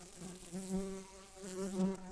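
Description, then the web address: Brown-banded carder bee buzzing, a low droning hum that swells and fades twice, slightly wavering in pitch, over faint background hiss. Worker bees. "Humilis workers"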